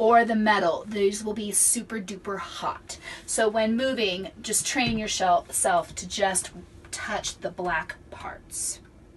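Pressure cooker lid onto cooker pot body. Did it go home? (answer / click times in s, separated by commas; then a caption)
no / none. A pressure cooker lid is handled on the cooker pot body while someone talks throughout. No click or locking sound is heard, and the lid has not locked into place yet.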